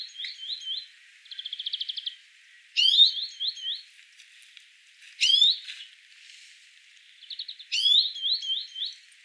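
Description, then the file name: Greenfinch twittering: wavy repeated notes, quick buzzy trills and several bright sweeping chirps spread irregularly through the passage. "Chloris chloris"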